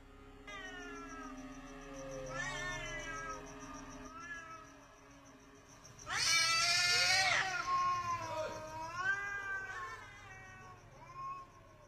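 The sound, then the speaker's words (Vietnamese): Two cats on a roof yowl back and forth in long, wavering, drawn-out wails, rising and falling in pitch, with a harsh, loud screeching burst in the middle before the cries trail off. “Có hai con mèo đang gào lên ghê rợn.”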